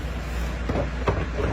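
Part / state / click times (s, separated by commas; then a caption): mini split indoor head unit top hooks onto wall mounting plate / not seated / none. An installer hangs the top hooks of a mini split indoor head unit onto the metal wall mounting plate. Over a steady low hum there are short knocks, the sharpest at about 1.1 s. Nothing has seated or clicked yet.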